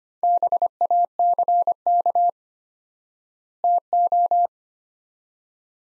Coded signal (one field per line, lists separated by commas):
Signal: Morse code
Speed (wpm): 25 wpm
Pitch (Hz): 700 Hz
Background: none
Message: BACK TO